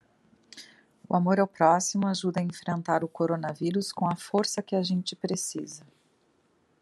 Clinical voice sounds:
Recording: spoken sentence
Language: Brazilian Portuguese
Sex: female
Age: 40 to 49 years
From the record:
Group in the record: control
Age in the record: 48 years

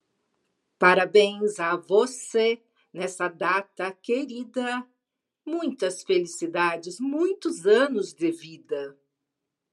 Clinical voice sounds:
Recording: short text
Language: Brazilian Portuguese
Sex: female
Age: 50 to 59 years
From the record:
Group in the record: control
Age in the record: 56 years

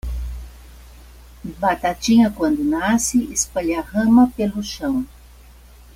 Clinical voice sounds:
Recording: short text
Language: Brazilian Portuguese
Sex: female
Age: 70 to 79 years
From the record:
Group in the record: control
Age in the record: 72 years

